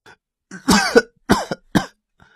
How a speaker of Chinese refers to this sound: 咳嗽两声，费力地伸手勾来床头上的呼唤器按了下去。